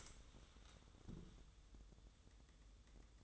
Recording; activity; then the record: daily activity, microphone in the room; stand up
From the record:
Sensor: 3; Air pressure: 1005.0 hPa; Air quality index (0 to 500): 91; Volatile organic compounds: 3 ppm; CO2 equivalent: 1410 ppm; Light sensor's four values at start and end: 10/22/9/9 and 9/21/8/8